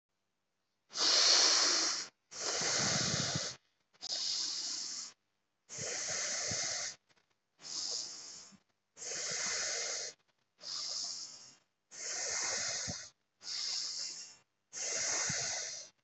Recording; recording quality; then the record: deep breathing; excellent, no background noise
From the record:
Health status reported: healthy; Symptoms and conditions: none ticked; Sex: male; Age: 34 years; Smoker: not ticked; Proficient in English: yes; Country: India